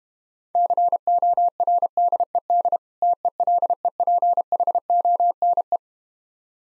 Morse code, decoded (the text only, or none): CORDED TELEPHONE